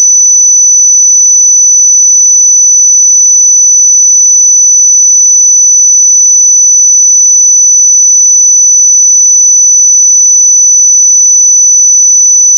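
A pure sine tone at 5987 Hz holds perfectly steady for the whole clip, thin, high and piercing. Its loudness never changes and nothing else sounds around it, apart from a tiny click at the very end.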